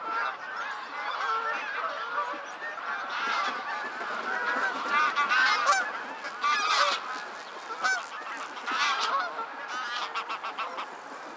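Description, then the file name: Goose: geese honking, a dense overlapping chorus of nasal honks from many birds, steady throughout with louder bursts from the middle onward. Flock of geese in flight. "freesound Flying geese"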